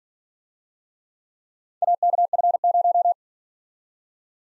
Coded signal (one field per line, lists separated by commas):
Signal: Morse code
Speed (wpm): 47 wpm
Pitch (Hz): 700 Hz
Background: none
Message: AKF0